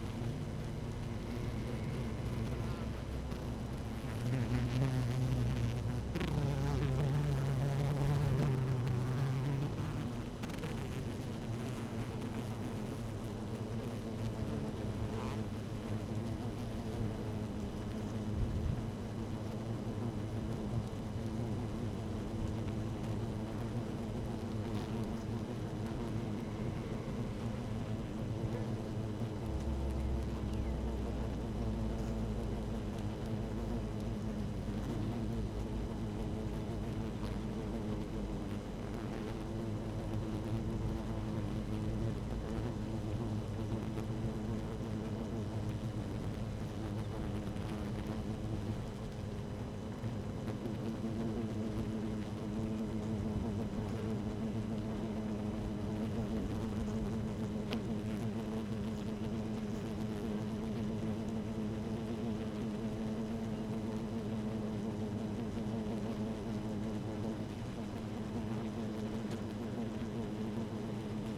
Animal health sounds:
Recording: honeybee colony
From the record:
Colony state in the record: active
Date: 12 June 2018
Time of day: 13:52

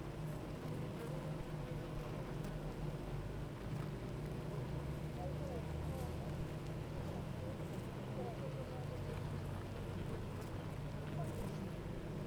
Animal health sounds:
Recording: honeybee colony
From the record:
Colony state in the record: active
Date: 28 July 2017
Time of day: 8:54

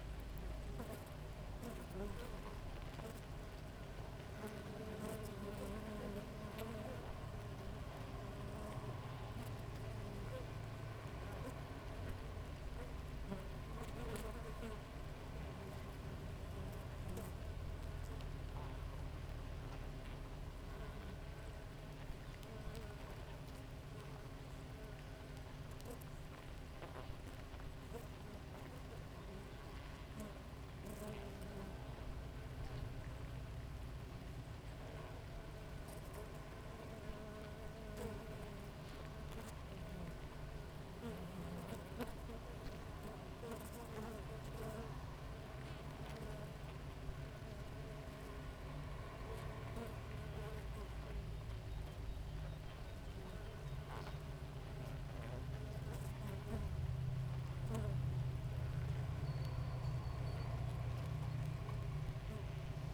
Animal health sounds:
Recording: honeybee colony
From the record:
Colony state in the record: active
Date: 28 July 2017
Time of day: 5:47

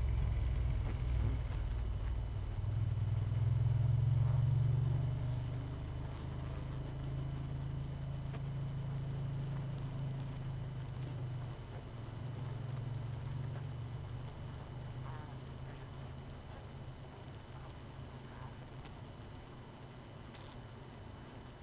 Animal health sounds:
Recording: honeybee colony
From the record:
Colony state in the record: missing queen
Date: 31 May 2018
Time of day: 22:04

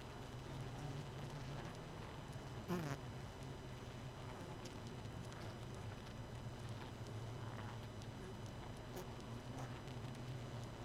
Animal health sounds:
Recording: honeybee colony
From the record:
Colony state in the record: missing queen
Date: 31 May 2018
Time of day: 23:01

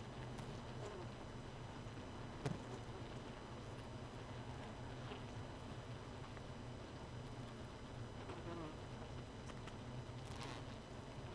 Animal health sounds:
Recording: honeybee colony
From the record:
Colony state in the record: missing queen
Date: 31 May 2018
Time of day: 0:10

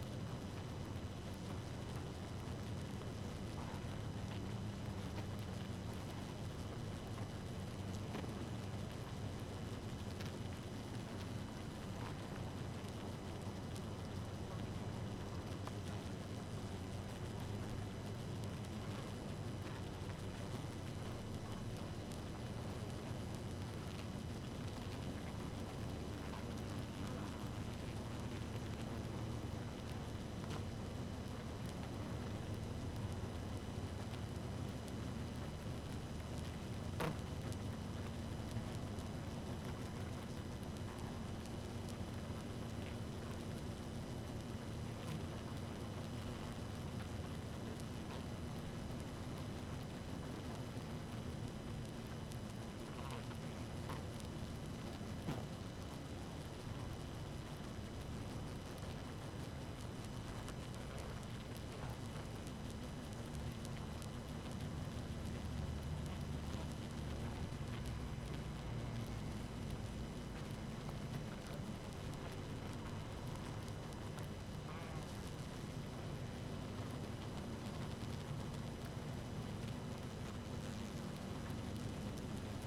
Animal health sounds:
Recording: honeybee colony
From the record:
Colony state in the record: active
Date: 12 June 2018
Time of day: 2:26

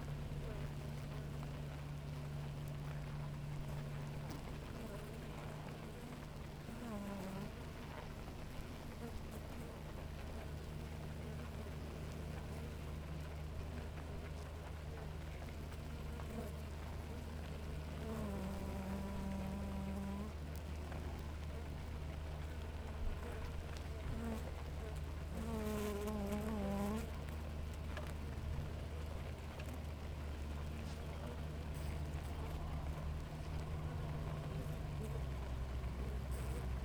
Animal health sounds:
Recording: honeybee colony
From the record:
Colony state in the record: active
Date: 28 July 2017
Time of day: 7:20

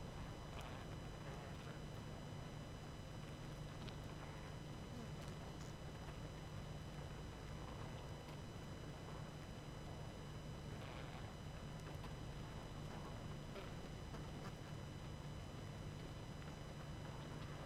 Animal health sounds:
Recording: honeybee colony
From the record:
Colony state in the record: active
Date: 12 June 2018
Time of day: 21:22

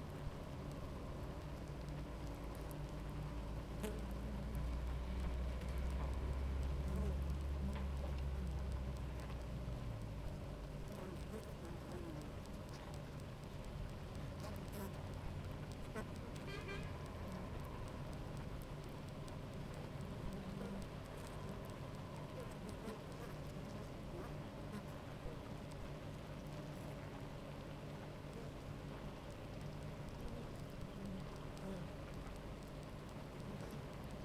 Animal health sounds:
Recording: honeybee colony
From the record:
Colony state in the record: active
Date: 28 July 2017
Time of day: 9:55

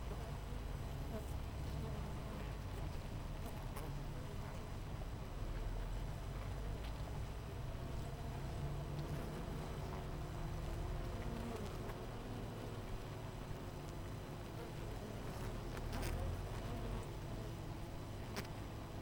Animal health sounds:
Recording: honeybee colony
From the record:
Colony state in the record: missing queen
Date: 14 July 2017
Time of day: 8:06

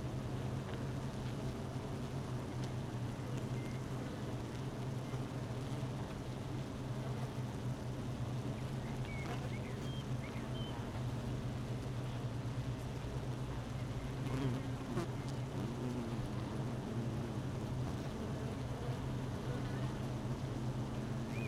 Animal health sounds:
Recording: honeybee colony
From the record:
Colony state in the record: missing queen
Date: 31 May 2018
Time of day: 12:46

